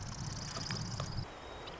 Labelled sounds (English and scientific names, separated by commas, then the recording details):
Marsh Wren (Cistothorus palustris)
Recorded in Sonoma County, California